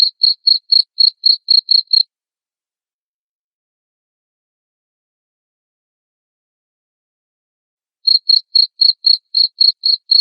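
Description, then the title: Cricket chirps rapidly for two seconds, falls silent for about six seconds, then resumes the same quick, even chirping. Loud cricket chirping played to make lovebirds sing continuously. "Suara JANGKRIK NGERIK Keras Bikin LOVEBIRD Jadi NGEKEK Terus"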